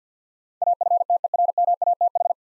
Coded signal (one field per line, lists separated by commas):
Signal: Morse code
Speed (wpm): 50 wpm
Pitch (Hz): 700 Hz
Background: none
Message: AFTERMATH